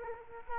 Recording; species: mosquito wingbeat signal from an infrared sensor; Culex quinquefasciatus